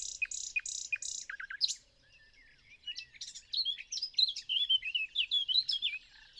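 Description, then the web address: Common nightingale song opening with several loud repeated notes, a short pause, then a run of quick, warbled, jumbled whistles. "SETE data Luscinia megarhynchos"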